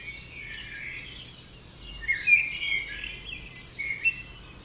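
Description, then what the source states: Birds chorusing, with repeated thin high notes in short runs and clearer whistled phrases between them, over a faint low hum. Dawn chorus recorded at 4am in Oberhofen, Inntal valley, Austria; binaural recording, best heard with headphones.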